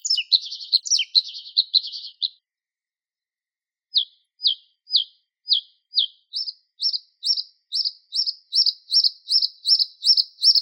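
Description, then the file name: Bluethroat song: a scratchy jumbled opening, a pause, then evenly spaced clear notes that quicken into a ringing repeated phrase, growing louder and faster over ten seconds. "Luscinia svecica"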